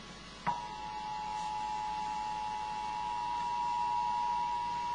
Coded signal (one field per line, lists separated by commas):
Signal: Emergency Alert System (SAME) tones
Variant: 853 and 960 Hz attention tone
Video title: 11/4/2011 -- TEXT portion of the EAS broadcast WILL NOT SAY 'this is a test' on 11/9/11